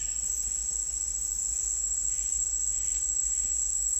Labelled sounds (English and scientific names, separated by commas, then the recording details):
none
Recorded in secondary vegetation near Puerto Asís, Putumayo, Colombia, on 21 December 2024 at 10:00
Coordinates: 0.484, -76.319
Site GP06